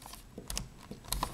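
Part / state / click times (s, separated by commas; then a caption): plastic screen bezel onto laptop display lid / not seated / none. A plastic screen bezel is being worked onto the display lid of an HP Pavilion dv6-1030us 16-inch laptop during a screen replacement. Faint, scattered clicky taps come in small clusters around 0.5–0.6 s and 1.1–1.25 s. Nothing has snapped home or seated yet.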